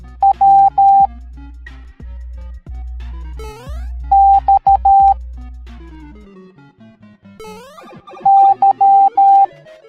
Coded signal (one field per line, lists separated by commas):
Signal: Morse code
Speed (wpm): 13 wpm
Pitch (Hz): 790 Hz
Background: music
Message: W X Y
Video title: Super Mario Goombas Teaching the Morse Code Alphabet Educational Video for Kids